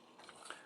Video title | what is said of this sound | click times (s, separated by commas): Transform Element OP LEADER (Optimus Prime): EmGo's Transformers Reviews N' Stuff | and again push down that low clip so that will lock into place and | 0.5 s